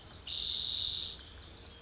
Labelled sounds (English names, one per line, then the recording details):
Spotted Towhee
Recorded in Sonoma County, California